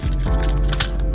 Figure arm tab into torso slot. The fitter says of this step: There you go. You should hear that click. That means it's tapped into place.